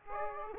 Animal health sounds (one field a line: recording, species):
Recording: mosquito wingbeat signal from an infrared sensor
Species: Aedes aegypti